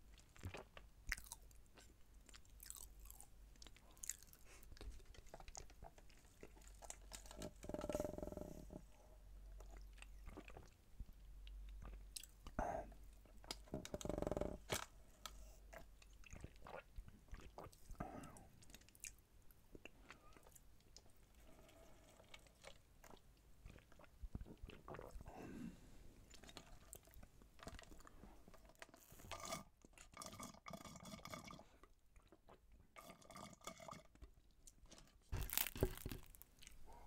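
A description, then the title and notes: Eating of wraps, fries, cheese sticks and pie: frequent crisp bites and moist chewing clicks, dense and irregular throughout. Louder, fuller crunching swells come near 8 and 14 seconds, with sharper snaps toward the end. ASMR McDonald's Wrap, Fries, Mozzarella Cheese Sticks & Apple Pie (EATING SOUNDS).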